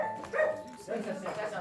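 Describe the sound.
A dog gives a short, high yelping bark, then a drawn-out whining whimper that wavers in pitch, moderately loud over a faint background.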